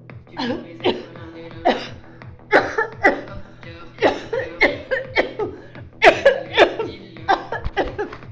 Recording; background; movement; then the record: voluntary coughing; music; sitting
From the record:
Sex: female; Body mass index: 21.8 kg/m2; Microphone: on the chest, facing outward